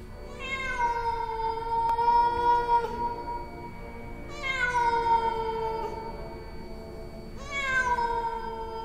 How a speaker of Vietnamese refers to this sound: Tiếng của nội la hét trong cái tiếng con mèo ở trên mái nhà, cứ kêu đến não cả lòng.